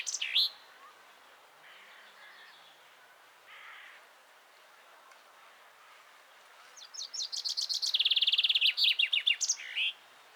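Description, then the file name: Common chaffinch: a short sharp call at the start and a few soft notes, then one loud song phrase of rapid repeated notes falling toward a closing flourish. "Fringilla coelebs"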